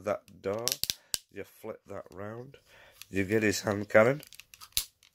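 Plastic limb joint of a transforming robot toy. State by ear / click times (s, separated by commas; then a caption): seated / 4.8 s. Someone talks while transforming a plastic transforming robot toy, flipping a part round and pushing it until the plastic limb joint locks. A sharp plastic click at 4.8 s marks the joint clicking into place, seated.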